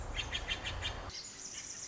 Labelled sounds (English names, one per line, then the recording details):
Pacific Wren
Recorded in Sonoma County, California